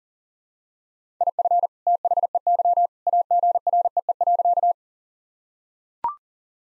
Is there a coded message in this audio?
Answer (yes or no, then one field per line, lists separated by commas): yes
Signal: Morse code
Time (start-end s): 1.2-4.7 s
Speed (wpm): 37 wpm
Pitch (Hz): 700 Hz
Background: none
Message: IF THEY AGREE.